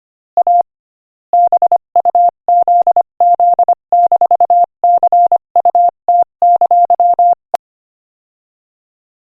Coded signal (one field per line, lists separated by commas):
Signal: Morse code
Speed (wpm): 25 wpm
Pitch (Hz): 700 Hz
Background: none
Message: A BUZZ-CUT!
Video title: Morse Code Practice: 25 wpm Joke #17